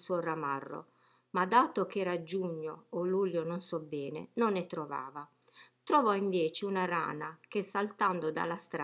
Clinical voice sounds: read passage; Italian; female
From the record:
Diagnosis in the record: healthy control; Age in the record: 61 years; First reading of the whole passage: 67 s, 7.7 characters per second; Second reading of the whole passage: 54 s, 9.6 characters per second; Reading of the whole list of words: 44 s, 6.4 characters per second

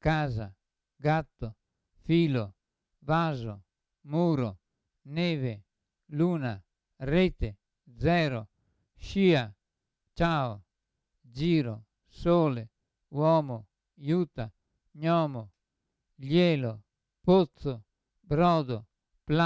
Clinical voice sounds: read list of words; Italian; male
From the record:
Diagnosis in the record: Parkinson's disease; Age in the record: 75 years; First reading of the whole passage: 62 s, 8.3 characters per second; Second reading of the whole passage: 57 s, 9.2 characters per second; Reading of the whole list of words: 53 s, 5.3 characters per second

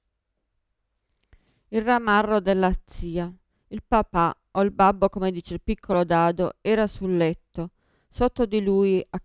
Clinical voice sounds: read passage; Italian; female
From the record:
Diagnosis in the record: Parkinson's disease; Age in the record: 54 years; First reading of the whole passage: 55 s, 9.4 characters per second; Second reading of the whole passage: 50 s, 10.4 characters per second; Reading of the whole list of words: 55 s, 5.1 characters per second

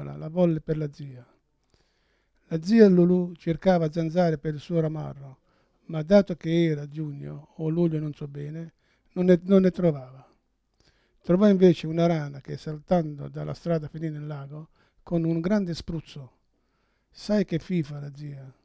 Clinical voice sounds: read passage; Italian; male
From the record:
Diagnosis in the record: Parkinson's disease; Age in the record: 71 years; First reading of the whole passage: 62 s, 8.3 characters per second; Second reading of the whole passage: 53 s, 9.9 characters per second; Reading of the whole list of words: 66 s, 4.2 characters per second

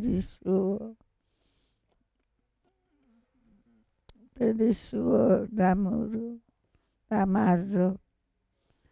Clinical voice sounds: read passage; Italian; female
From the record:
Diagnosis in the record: Parkinson's disease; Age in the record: 65 years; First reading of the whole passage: 242 s, 2.1 characters per second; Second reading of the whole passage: 180 s, 2.9 characters per second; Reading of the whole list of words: 168 s, 1.7 characters per second

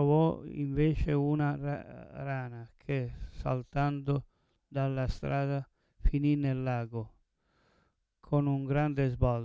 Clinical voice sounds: read passage; Italian; male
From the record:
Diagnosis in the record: Parkinson's disease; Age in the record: 70 years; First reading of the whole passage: 112 s, 4.6 characters per second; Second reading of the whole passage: 107 s, 4.9 characters per second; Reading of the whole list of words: 68 s, 4.1 characters per second

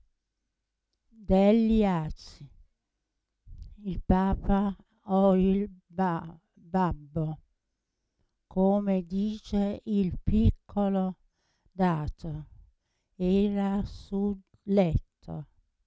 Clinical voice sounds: read passage; Italian; female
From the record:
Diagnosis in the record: Parkinson's disease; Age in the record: 80 years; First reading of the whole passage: 169 s, 3.1 characters per second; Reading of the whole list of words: 101 s, 2.8 characters per second

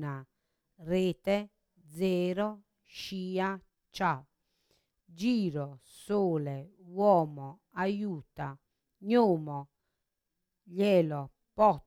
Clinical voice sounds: read list of words; Italian; female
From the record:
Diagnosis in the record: Parkinson's disease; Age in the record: 63 years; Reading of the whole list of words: 61 s, 4.6 characters per second

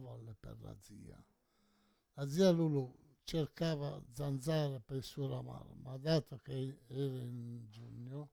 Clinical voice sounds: read passage; Italian; male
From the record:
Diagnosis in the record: Parkinson's disease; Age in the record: 68 years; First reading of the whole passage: 84 s, 6.2 characters per second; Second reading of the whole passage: 63 s, 8.2 characters per second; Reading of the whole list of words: 57 s, 5.0 characters per second

